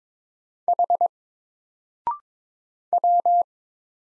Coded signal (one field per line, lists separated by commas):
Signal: Morse code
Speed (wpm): 22 wpm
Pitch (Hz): 700 Hz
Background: none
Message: H W